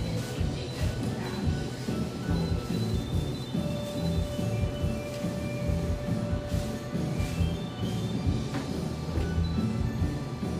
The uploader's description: Tucked near the lush, wooded Laurelhurst Park in east Portland, this café sports vibrant music and an erudite, professional clientele.